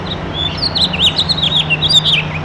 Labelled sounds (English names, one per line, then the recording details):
House Finch song
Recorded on Long Island, New York, on 7 June 2011
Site MV
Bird A